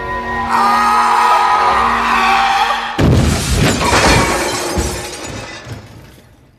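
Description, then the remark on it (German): A car goes through a guardrail and crashes into trees: a loud, sustained crash of shattering glass and splintering debris, with a high whining tone at first, then a sudden burst of cracking and smashing that tumbles on and gradually fades out. “Dann fliegen wir. Ich hasse Fliegen. Wir tauchen in den Bäumen unter, in einem Geräusch, als würden 1000 Feuerwerkskörper losgehen.”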